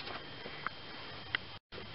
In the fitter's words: remember to slip this underneath on the top of the wheel well here there like that snap into place